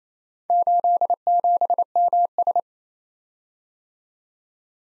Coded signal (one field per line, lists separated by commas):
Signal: Morse code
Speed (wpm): 31 wpm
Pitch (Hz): 700 Hz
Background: none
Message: 87MS